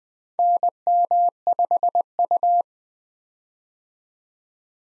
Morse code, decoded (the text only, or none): NM5U